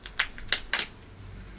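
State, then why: Released. An old lens in the plastic frame of a pair of Oakley Big Taco sunglasses is pushed forward with the thumbs while the frame is pulled outward, unseating it from the frame groove. Sharp popping clicks are heard at 0.2, 0.5 and 0.7 seconds, with fainter ticks in between. The lens pops out of the frame.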